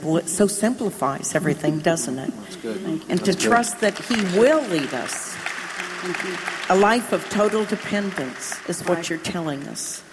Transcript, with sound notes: It so simplifies everything, doesn’t it? And to trust that He will lead us. (Applause) A life of total dependence is what you’re telling us.